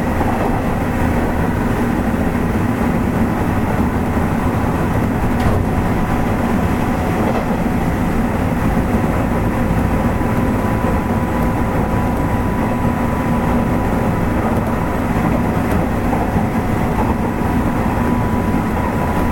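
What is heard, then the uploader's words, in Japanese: A Nishi-Nippon Railroad 8000 series train running, recorded as a steady, dense rumble heavy in the low end. Faint tonal whines hold near the middle throughout, with a light clicking of wheels over rail joints and a brief sharper tick around five seconds. 西日本鉄道 8000系の走行音です。特急大牟田行きにて録音。区間は二日市から久留米までです。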